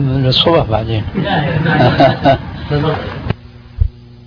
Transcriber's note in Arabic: ضحك الحضور